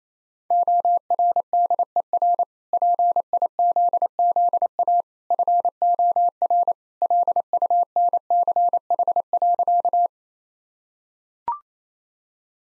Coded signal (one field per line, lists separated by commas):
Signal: Morse code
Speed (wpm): 28 wpm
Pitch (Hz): 700 Hz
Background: none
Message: ORDER PIZZA FOR LUNCH.